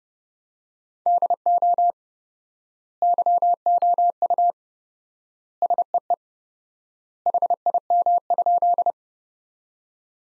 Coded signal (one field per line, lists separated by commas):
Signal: Morse code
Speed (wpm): 30 wpm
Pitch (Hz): 700 Hz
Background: none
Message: DO YOU SEE HIM?